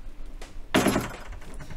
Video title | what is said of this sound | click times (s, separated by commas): "Shooting Star" - A Unique Performance Catamaran from Morrelli and Melvin! [Narrated Walkthrough] | everything just snaps into place you | 0.8 s